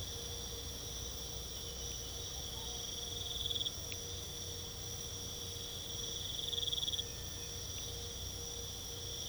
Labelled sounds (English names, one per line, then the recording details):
none
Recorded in pastures near Puerto Asís, Putumayo, Colombia, on 22 December 2024 at 02:00
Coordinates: 0.486, -76.323
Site GP01